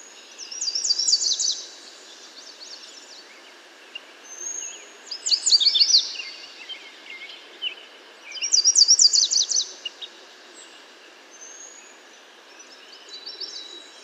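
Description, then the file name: American yellow warbler song: bright, quick high phrases of sweet whistled notes, repeated every few seconds over steady background hiss. "American Yellow Warbler Setophaga aestiva"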